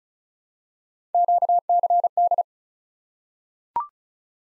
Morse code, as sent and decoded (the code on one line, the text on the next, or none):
--.- -.-. -..
QCD